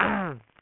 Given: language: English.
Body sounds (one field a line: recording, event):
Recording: throat vibration sensor signal played as sound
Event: throat clearing